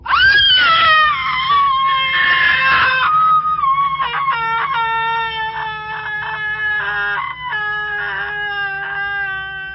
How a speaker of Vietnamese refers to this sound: Tôi bị tiếng hét thất thanh của cô bé làm cho giật cả mình, suýt đưa đánh rơi luôn cả cái xẻng công binh.